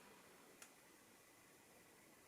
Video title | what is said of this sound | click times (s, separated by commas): Ouverture de mon calendrier de l'avent 2025 ! (partie 2) | Ah oui, l'écharpe elle lui va très bien. Genre c'est bien clipsé et tout. | 0.6 s